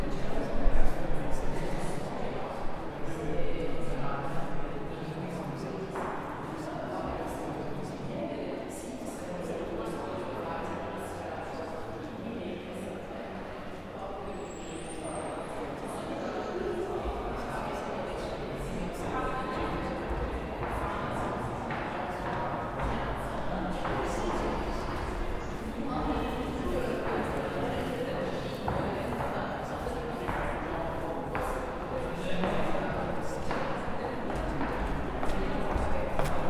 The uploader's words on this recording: UCL Soundscapes: Flaxman Gallery. Field recording in the refurbished Flaxman Gallery. In stereo on Zoom H4N.